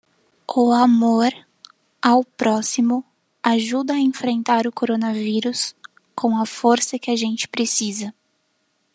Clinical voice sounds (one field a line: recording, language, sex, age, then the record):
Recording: spoken sentence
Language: Brazilian Portuguese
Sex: female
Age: 20 to 29 years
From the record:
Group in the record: control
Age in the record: 20 years